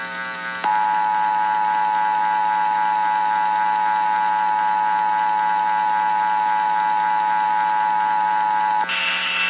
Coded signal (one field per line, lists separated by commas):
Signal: Emergency Alert System (SAME) tones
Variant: 853 and 960 Hz attention tone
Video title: EAS MOCK (January 1st 2023) Times Square Bombing (New York City, NY)